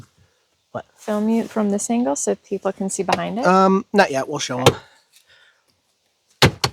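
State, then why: Released. Two people talk, then a plastic interior trim panel in a Tesla trunk is pried and pulled out. Its plastic retaining clips pop loose with two sharp clicks at 6.4 and 6.6 seconds. The clips releasing is a good sign that the panel is coming free.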